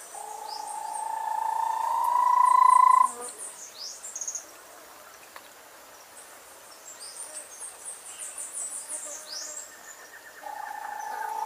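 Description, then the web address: Bahia tapaculo with a sustained, gently rising trill for about three seconds, then a second one starting near the end, over scattered high-pitched chirps. "Bahia tapaculo. صدای-پرنده-تپلک-باهیا"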